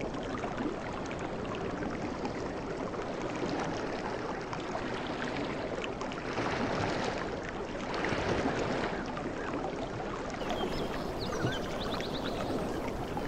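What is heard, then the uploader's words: Soft ocean waves wash steadily with a dense, even hiss, swelling slightly around six to nine seconds before settling back. Softest Beach Sounds from the Tropics. Ocean sounds of waves.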